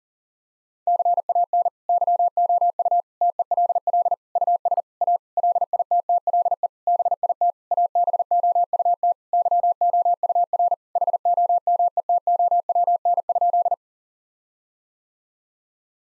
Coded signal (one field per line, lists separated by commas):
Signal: Morse code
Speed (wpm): 40 wpm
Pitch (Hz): 700 Hz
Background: none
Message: CAN YOU TELL US A LITTLE BIT ABOUT YOUR HOMETOWN?